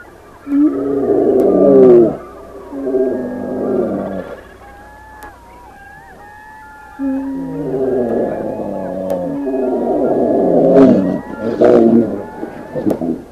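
Brown bear calls: deep, harmonic moaning bawls in long drawn bursts, a first bout, a quieter pause, then a longer second bout, with occasional sharp clicks.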